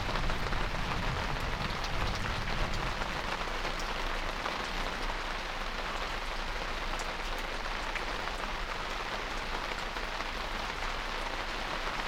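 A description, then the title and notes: Heavy thunderstorm rain pours steadily in a dense, even hiss with fine pattering drops, a low rumble fading out during the first few seconds. Heatwave thunderstorm that washes and cools (panoramic, made for headphones). The Lento mics captured this storm as it passed over Hackney in North East London in early afternoon last week, after a long period of exceptionally hot and dry weather.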